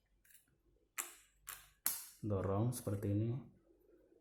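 A RAM module is pressed down into a laptop's SO-DIMM memory slot, with a couple of light clicks at about 1.0 and 1.5 seconds before the side retaining clips snap with a sharp click at 1.9 seconds. Someone then talks. The click signals that the RAM is properly seated and installed.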